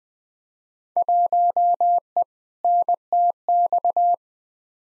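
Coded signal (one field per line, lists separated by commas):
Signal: Morse code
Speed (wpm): 20 wpm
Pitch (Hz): 700 Hz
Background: none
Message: 1E NTX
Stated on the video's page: Field Day contest exchange practice at 20 wpm, each exchange sent in Morse, spoken, then sent again.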